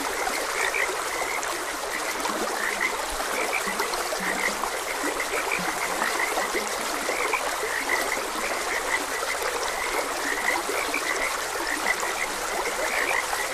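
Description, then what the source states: Frog chorus of quick repeated croaks, many callers overlapping throughout, set against a continuous trickling and rushing stream. Frogs croaking beside a gentle stream.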